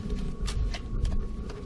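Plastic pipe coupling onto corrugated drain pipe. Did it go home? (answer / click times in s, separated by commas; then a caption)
no / none. A sealed plastic coupling is handled and slid over the end of a corrugated plastic drain pipe, being worked toward the first corrugation. Short scraping, rubbing handling noises come in bursts over a low background rumble. Nothing has seated or clicked yet.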